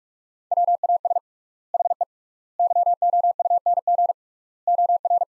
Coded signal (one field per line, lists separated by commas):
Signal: Morse code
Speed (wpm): 43 wpm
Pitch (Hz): 700 Hz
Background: none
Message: WAS HE YOUNG OR